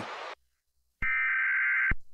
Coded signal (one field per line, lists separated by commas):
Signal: Emergency Alert System (SAME) tones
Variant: header bursts